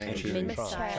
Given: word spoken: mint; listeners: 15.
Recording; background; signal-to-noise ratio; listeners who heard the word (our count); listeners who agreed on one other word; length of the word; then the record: one English word in noise, from a listening test; four-talker babble; -2.5 dB; 0 of 15; 8 of 15; 0.59 s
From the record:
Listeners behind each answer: 8, 3, 2, 1, 1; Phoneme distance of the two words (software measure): 10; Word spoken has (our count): 1 syllable, 4 phonemes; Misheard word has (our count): 1 syllable, 4 phonemes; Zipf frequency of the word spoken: 4.15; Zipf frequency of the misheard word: 3.78